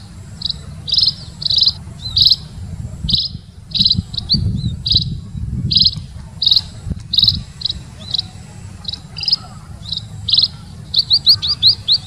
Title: Kicau Emprit Ngoceh Tak Kenal Lelah Untuk Masteran